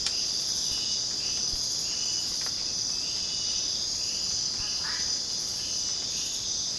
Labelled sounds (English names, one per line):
none